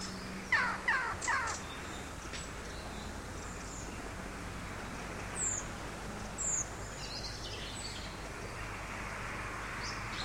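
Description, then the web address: Bird chirps: a short burst of three sharp notes near the start, then two isolated high squeaks later, over a constant low rumble. Birds singing in an empty street of a big city. "canto de pajaros en una calle vacia de una gran ciudad"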